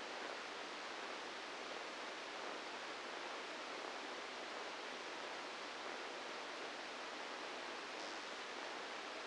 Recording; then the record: brain microelectrode recording played as sound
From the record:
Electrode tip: inside the subthalamic nucleus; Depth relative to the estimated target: -2 mm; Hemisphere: left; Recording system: NeuroSet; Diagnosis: Parkinson's disease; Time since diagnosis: 9 years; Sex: female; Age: 51 years